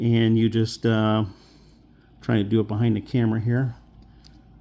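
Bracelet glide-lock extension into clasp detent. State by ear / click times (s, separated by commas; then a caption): seated / 4.3 s. Someone talks, then the extension of the metal bracelet's glide-lock clasp on a Cronos Explorer homage watch (L6031 39 mm or L6032 36 mm, with PT5004 movement) is slid along. A single sharp, quiet click at 4.3 s marks the clasp seating into its detent position.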